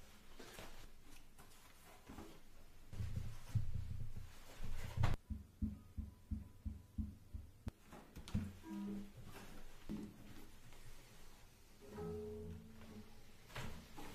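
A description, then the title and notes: Fast tapping. From about five to seven and a half seconds the taps come in a quick, even run of sharp knocks. Either side of that run come irregular shuffling, clattering and brief low tonal sounds. Fast Tapping Deluxe Edition [Binaural Eargasm].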